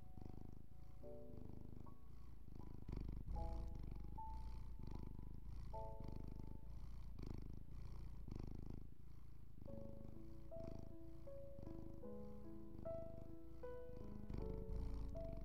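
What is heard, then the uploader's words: A cat purrs steadily throughout, a deep, rhythmic rumble with regular pulsing breaths. Over it, calm music plays soft sustained notes in the middle range, sparse at first and more frequent, busier melodic phrases in the second half. Cat Purring and Calming Music.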